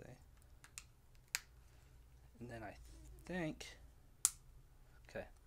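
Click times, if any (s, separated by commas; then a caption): 4.2 s. A rechargeable battery, lined up by its markings, is pushed into the plastic battery compartment of a Dragon Touch Vision 4 4K EIS action camera while someone talks, with a few faint clicks and handling sounds beforehand. A sharp snap at 4.3 s marks the battery seating, snapped into place and flush with the bottom of the housing.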